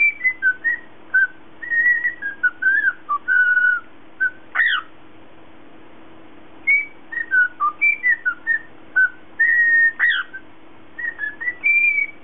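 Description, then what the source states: Cockatiel whistles in quick broken phrases of pure notes, twice breaking into a steep rising swoop, with a constant low electrical hum beneath. Lutino colour variety.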